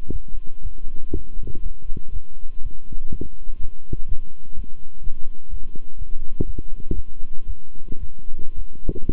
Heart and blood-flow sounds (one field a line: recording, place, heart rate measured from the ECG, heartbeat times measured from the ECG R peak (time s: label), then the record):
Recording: heart sounds by stethoscope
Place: between the tricuspid and mitral areas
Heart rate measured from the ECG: 120 bpm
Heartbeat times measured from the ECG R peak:
0.11 s: heartbeat
0.62 s: heartbeat
1.12 s: heartbeat
1.61 s: heartbeat
2.11 s: heartbeat
2.61 s: heartbeat
3.10 s: heartbeat
3.59 s: heartbeat
4.07 s: heartbeat
4.55 s: heartbeat
5.02 s: heartbeat
5.49 s: heartbeat
5.97 s: heartbeat
6.45 s: heartbeat
6.94 s: heartbeat
7.45 s: heartbeat
7.98 s: heartbeat
8.54 s: heartbeat
9.11 s: heartbeat
From the record:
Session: walking at 3.7 km/h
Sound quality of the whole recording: good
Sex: male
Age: 26 years